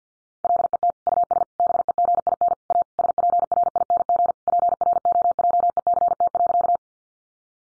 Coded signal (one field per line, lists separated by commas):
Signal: Morse code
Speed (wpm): 50 wpm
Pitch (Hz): 700 Hz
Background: none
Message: LET US BEGIN A SPRING PROJECT.